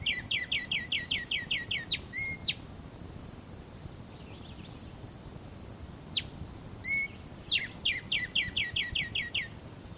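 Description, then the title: Black-striped sparrow calling in two bouts of sharp, downslurred notes repeated quickly in a steady series, separated by a few scattered chips, over a soft background hiss. Nominate subspecies conirostris. "LuckyPassaro Completos2Sama. Black-striped Sparrow (Arremonops conirostris conirostris)"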